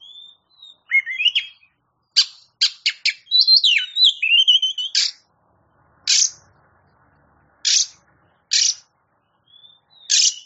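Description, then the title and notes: Oriental magpie-robin song: varied whistled phrases, some slurred and rising, mixed with harsh buzzy bursts, separated by short pauses. Champion bird (kacer juara). "Kicau Burung Kacer Juara. Suara Kicauan Burung Kacer Juara"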